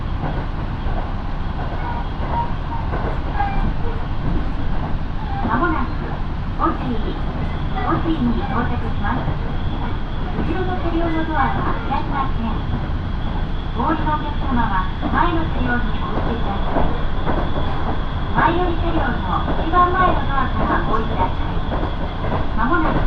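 Inside a local train, a steady low rumble of wheels and motor runs throughout while scattered passenger voices murmur, loudness holding constant.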